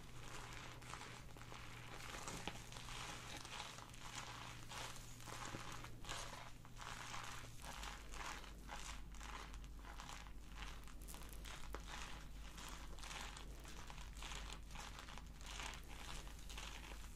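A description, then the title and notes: A layered massage sound plays, with dense, crinkly rustling and soft brushing strokes that pulse in irregular, fairly quick bursts throughout. A low steady hum runs underneath and drops to a deeper tone at about seven and a half seconds. The overall level stays even. ASMR Tingle Spa Face, Neck & Scalp Massage (Layered Sounds).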